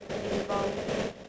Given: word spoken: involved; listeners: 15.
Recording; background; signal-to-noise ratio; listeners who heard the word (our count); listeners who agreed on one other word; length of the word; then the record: one English word in noise, from a listening test; noise modulated by three-talker babble; -4.8 dB; 2 of 15; 7 of 15; 0.89 s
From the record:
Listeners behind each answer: 7, 2, 1, 1, 1, 1, 1, 1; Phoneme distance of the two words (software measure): 7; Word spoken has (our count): 2 syllables, 7 phonemes, stress on syllable 2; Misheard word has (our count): 2 syllables, 6 phonemes, stress on syllable 2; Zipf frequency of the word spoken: 5.10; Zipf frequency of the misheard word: 4.07